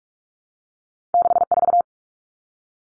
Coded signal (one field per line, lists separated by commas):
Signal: Morse code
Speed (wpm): 44 wpm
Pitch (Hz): 700 Hz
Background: none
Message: 64